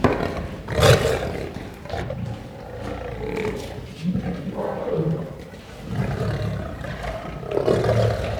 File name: Het grommen en brullen van een leeuw - Beeld en Geluid